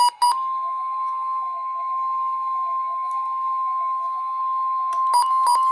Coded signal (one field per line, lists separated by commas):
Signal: Emergency Alert System (SAME) tones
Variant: 1050 Hz attention tone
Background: music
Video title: Tornado Warning #4 - 10/12/22 (EAS #2,665)